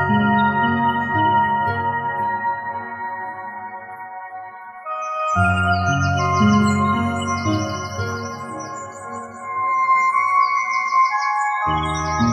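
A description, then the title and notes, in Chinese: Piano playing with birdsong on a nature morning. Sustained piano chords ring steadily while rapid, bright bird chirps flutter high above in short bursts, thickest after the midpoint. The low notes drop away briefly near five seconds and again near the end. 钢琴与鸟鸣声大自然的早晨。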